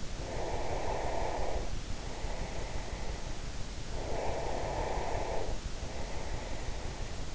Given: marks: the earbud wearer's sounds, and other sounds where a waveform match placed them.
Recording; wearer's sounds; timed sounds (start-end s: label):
sounds in sleep by an in-ear microphone; breath
0.08-3.38 s: breath
3.80-7.35 s: breath